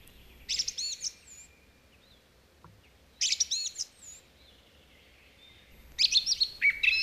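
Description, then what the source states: Song Thrush song: loud, varied phrases of clear whistles and sharp notes in a few bursts, with quiet pauses between. Male singing from high up, in early May in coniferous forest; song repeats a chosen motif a few times before moving to the next.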